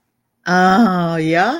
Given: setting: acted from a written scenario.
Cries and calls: vocal sound without words; pride

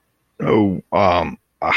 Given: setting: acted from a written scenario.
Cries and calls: vocal sound without words; confusion

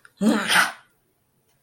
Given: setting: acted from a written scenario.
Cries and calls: vocal sound without words; anger

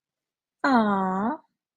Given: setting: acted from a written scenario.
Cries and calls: vocal sound without words; adoration

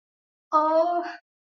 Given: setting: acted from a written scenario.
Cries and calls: vocal sound without words; guilt

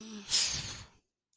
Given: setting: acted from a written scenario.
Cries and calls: vocal sound without words; neutral

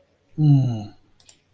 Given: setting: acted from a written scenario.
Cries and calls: vocal sound without words; disgust

